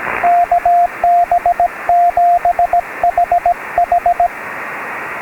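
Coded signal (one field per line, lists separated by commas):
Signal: Morse code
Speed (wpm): 18 wpm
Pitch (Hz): 690 Hz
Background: radio noise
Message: KB7HH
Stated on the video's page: SOTA summit activation, restored recording.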